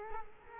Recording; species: mosquito wingbeat signal from an infrared sensor; Culex quinquefasciatus